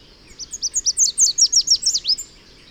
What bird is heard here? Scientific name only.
Basileuterus delattrii